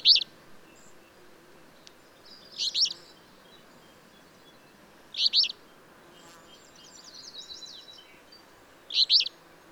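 Bird chirps: crisp, high bursts every two to four seconds, with a thin, faint twittering phrase between them against low steady noise.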